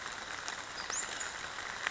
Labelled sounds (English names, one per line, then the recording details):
Western Flycatcher
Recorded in Sonoma County, California